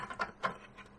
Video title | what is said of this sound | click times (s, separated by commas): Homguava Air Purifiers for Home Large Room | clockwise to lock | 0.2 s, 0.4 s